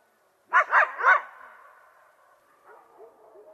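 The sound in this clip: Coyote barking, three quick rough barks in a row followed by a drawn-out fading whine and faint yips.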